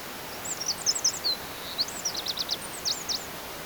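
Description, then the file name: Eurasian wren producing a fainter burst of high, rapid twittering notes and short trills, partly masked by steady hiss. "Troglodytes troglodytes"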